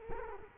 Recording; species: mosquito wingbeat signal from an infrared sensor; Culex quinquefasciatus